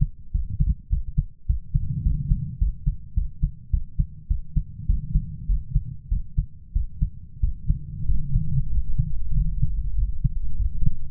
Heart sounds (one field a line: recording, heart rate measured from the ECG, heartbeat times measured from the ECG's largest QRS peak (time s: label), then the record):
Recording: heart sounds by stethoscope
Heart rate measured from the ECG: 99 bpm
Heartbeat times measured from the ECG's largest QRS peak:
0.34 s: heartbeat
0.92 s: heartbeat
1.49 s: heartbeat
2.05 s: heartbeat
2.61 s: heartbeat
3.17 s: heartbeat
3.73 s: heartbeat
4.30 s: heartbeat
4.89 s: heartbeat
5.49 s: heartbeat
6.11 s: heartbeat
6.75 s: heartbeat
7.43 s: heartbeat
8.09 s: heartbeat
8.73 s: heartbeat
9.36 s: heartbeat
9.98 s: heartbeat
10.60 s: heartbeat
From the record:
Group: healthy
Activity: rest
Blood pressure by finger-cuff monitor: 157/86 mmHg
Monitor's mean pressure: 106 mmHg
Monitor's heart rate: 100 bpm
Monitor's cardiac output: 7.8 L/min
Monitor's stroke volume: 80 mL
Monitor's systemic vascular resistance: 1020 dyn s/cm5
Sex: male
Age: 21 years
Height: 175 cm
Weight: 72.6 kg